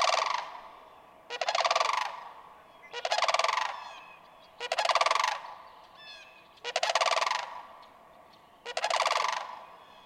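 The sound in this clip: Sandhill crane sending out six loud, bugling rattles roughly every one and a half to two seconds.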